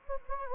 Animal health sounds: mosquito wingbeat signal from an infrared sensor; Anopheles gambiae

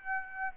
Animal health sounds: mosquito wingbeat signal from an infrared sensor; Aedes aegypti

